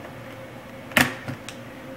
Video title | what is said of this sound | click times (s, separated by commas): How to replace laptop screen for Dell Inspirion 1420 | that clicks into place | 1.0 s